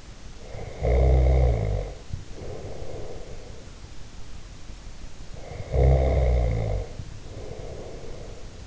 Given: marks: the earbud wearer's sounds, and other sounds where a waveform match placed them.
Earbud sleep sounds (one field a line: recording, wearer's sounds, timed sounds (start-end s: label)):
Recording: sounds in sleep by an in-ear microphone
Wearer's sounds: snoring breath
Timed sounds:
0.38-3.83 s: snoring breath
5.28-8.66 s: snoring breath